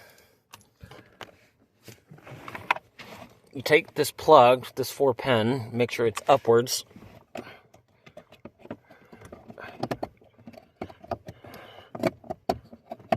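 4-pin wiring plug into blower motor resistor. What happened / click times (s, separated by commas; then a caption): The plug is handled but not yet clicked home / none. A 4-pin wiring plug for the blower motor resistor behind the glove box of a 2014 Hyundai Sonata is handled and lined up facing upward while someone talks. Scattered light taps and rattles of handling are heard throughout. Nothing has seated or clicked yet.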